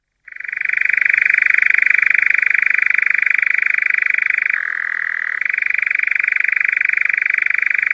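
European nightjar churr starting abruptly, a rapid even rattle that dips lower for about a second midway, then resumes at its higher pitch.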